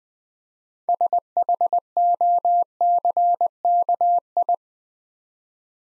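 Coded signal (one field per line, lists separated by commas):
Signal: Morse code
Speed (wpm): 20 wpm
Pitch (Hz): 700 Hz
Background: none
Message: SHOCKI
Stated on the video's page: Morse practice at 20 wpm: 8-letter words built three letters at a time, for beginners working on instant character recognition.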